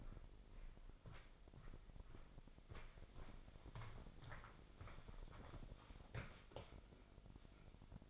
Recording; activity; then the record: daily activity, microphone in the room; walk to room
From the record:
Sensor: 5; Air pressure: 995.6 hPa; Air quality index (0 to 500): 105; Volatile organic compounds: 7 ppm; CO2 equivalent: 2031 ppm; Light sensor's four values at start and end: 38/93/38/38 and 37/88/36/37